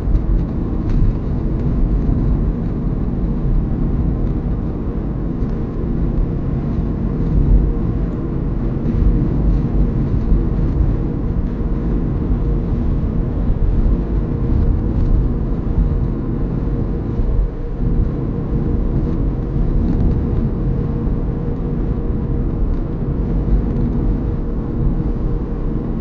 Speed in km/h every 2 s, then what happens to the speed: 67, 67, 68, 68, 68, 68, 68, 68, 69, 69, 69, 69, 69.
0-26 steady at about 68.